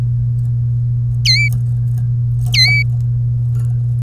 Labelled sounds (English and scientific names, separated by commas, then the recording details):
Domestic Canary (Serinus canaria) song
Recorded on 3 May 2018 at 12:27
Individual llb3